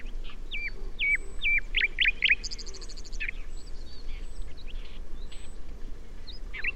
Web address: SETE data Luscinia megarhynchos